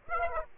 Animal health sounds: mosquito wingbeat signal from an infrared sensor; Aedes aegypti

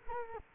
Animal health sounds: mosquito wingbeat signal from an infrared sensor; Culex quinquefasciatus

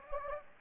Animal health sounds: mosquito wingbeat signal from an infrared sensor; Anopheles gambiae

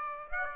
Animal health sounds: mosquito wingbeat signal from an infrared sensor; Aedes aegypti

